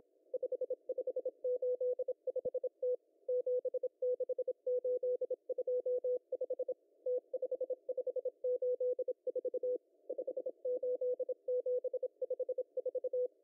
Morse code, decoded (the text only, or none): 5585T 76825 T5584 58754